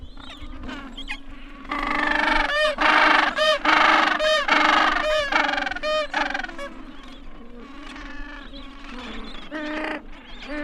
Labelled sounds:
Gentoo Penguin call

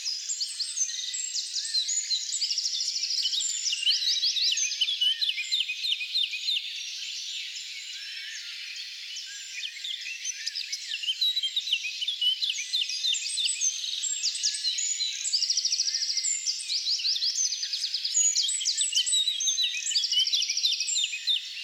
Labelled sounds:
Eurasian Blackcap song

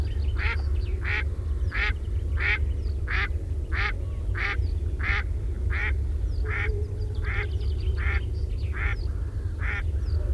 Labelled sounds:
Mallard call

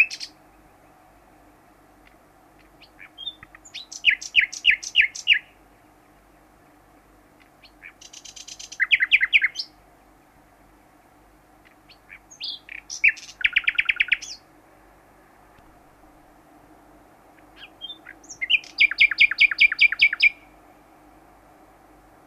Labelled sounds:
Common Nightingale social call

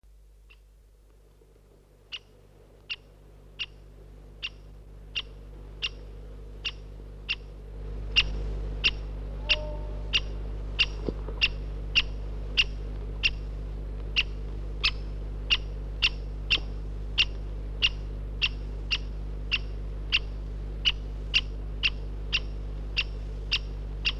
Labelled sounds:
Great Spotted Woodpecker

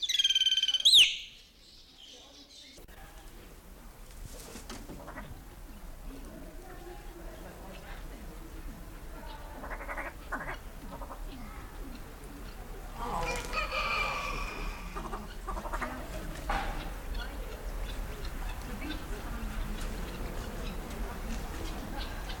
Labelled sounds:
Western Plantain-eater call

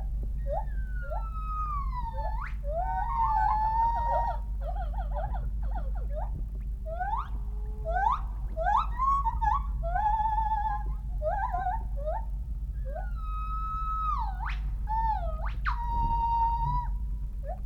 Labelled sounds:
Northern White-cheeked Gibbon

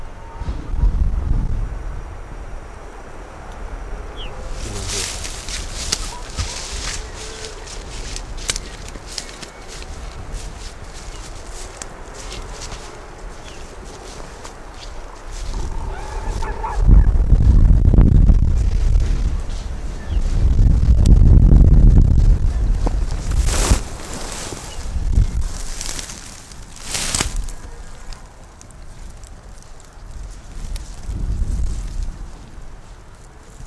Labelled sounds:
Arctic Fox

